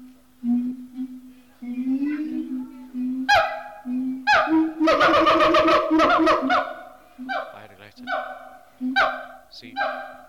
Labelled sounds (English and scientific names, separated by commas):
Siamang (Symphalangus syndactylus)